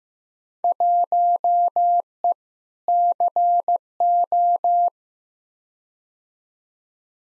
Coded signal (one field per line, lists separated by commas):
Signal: Morse code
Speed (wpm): 15 wpm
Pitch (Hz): 700 Hz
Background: none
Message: 1E CO